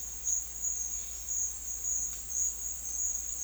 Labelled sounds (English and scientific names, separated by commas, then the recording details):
none
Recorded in secondary vegetation near Puerto Asís, Putumayo, Colombia, on 8 March 2025 at 12:00
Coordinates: 0.499, -76.323
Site G094